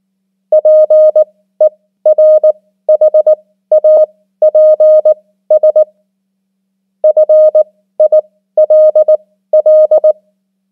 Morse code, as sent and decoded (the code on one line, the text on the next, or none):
.--. . .-. .... .- .--. ... / ..-. .. .-.. .-..
PERHAPS FILL